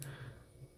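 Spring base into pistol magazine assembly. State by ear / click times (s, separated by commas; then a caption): not seated / none. A plastic spring base or follower assembly is handled with its rounded end forward while a Canik TP9SF Elite pistol magazine is reassembled. A brief sharp tick right at the start gives way to faint low handling noise. The part is not yet pressed home, and nothing has seated or clicked.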